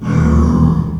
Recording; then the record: squeal of a Yucatan mini pig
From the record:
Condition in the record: after surgery on the right vocal fold (resection and tissue-engineered implant); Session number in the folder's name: 16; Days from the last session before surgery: 183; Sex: female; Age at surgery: 19 weeks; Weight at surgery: 25 kg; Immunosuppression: prednisolone